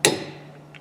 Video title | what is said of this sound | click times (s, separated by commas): Rear brakes on 2010 Kia using reconditioned tools. | click heard it click heard that | 0.0 s